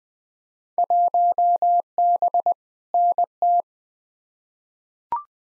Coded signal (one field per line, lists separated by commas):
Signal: Morse code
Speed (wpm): 20 wpm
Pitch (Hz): 700 Hz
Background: none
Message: 1B NT